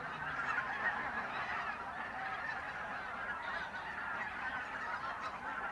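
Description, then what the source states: Goose: geese calling as a crowded flock, an unbroken babble of overlapping honks at even loudness. Geese at the re-naturalised Polder Glies, Sellstedt, Germany, 9 November 2020; binaural ORTF pair of t.bone SC 140 microphones with Rycote windjammer, TASCAM DR100 MK3.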